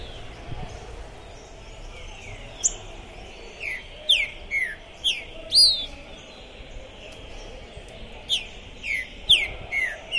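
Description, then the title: Green-winged saltator giving spaced, slurred whistles that drop in pitch, somewhat softer, amid a busy background of sharp high bird notes. Captive bird at a singing tournament entrance, warming up before a contest, chirping, singing and acting macho (macheando), described as 'possessed'; 2021; called a 'Pistoleiro' bird. "ESQUENTAR Seu TRINCA Piando, Cantando E Macheando Na DISPUTA. Esse TRINCA FERRO ficou POSSUÍDO na PORTA do TORNEIO! Trinca Ferro Pistoleiro 2021!"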